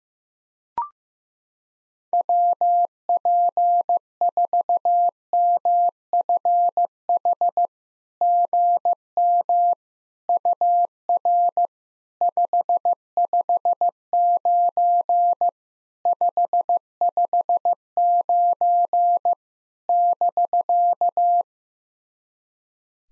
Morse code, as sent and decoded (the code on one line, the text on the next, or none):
.-- .--. ....- -- ..-. .... / --. -- / ..- .-. / ..... ..... ----. / ..... ..... ----. / -...-.-
WP4MFH GM UR 559 559 <BK>